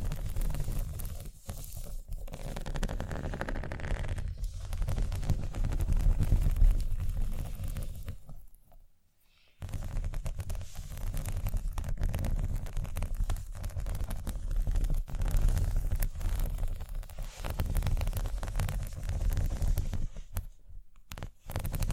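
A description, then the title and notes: Scratching goes on almost without pause, a dense, rough rasping over a heavy low rumble, with quick bright strokes running through it. Near the middle it stops for about a second of near silence, then resumes at the same level, dropping briefly again just before the end. ASMR Scratching.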